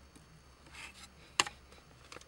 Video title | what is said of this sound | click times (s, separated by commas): VW MK6 GLI / Jetta Traction Control Button DIY by USP Motorsports | Squeeze and you'll hear it click. | 1.4 s